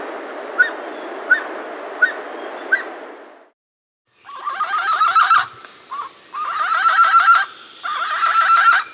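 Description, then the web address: Andean guan calls: a few sharp clicks, a short pause, then three harsh, rapidly pulsed rattling bursts, each lasting about a second. South America. "S America Andean Guan (Penelope Montagnii)"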